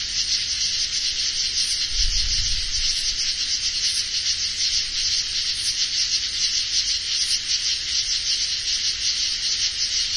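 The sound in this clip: Insect song as a continuous shrill high trill with soft rhythmic pulsing, plus a brief low rumble around two seconds in.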